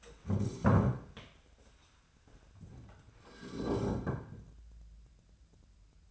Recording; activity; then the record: daily activity, microphone in the room; stand up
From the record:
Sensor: 2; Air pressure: 1015.1 hPa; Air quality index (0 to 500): 156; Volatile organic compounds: 7 ppm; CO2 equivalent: 2025 ppm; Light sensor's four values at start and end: 13/35/13/15 and 13/35/13/15